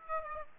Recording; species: mosquito wingbeat signal from an infrared sensor; Aedes aegypti